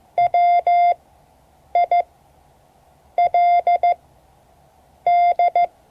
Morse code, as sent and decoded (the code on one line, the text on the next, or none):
.-- .. .-.. -..
WILD